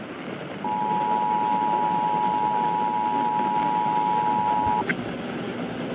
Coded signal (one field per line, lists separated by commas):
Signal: Emergency Alert System (SAME) tones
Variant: 853 and 960 Hz attention tone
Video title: Remnants of a High… EAS Alerts from 3/15/25-3/16/25 - Mini Compilation